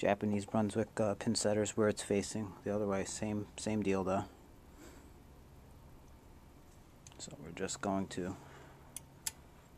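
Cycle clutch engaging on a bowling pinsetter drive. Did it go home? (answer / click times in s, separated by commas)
no / none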